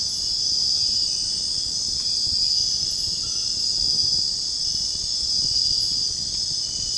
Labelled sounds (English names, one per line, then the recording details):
none
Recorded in dense forest near Puerto Asís, Putumayo, Colombia, on 18 February 2024 at 03:30
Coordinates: 0.485, -76.325
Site G6429